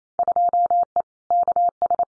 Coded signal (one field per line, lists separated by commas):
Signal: Morse code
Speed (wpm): 28 wpm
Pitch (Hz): 700 Hz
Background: none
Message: 2E KS